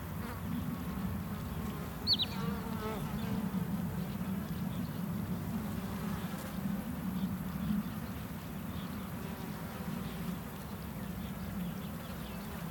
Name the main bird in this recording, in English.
Wood Sandpiper